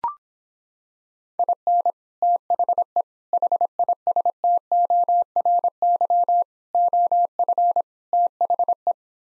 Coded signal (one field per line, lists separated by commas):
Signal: Morse code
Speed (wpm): 26 wpm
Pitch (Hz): 700 Hz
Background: none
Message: IN THE HISTORY OF THE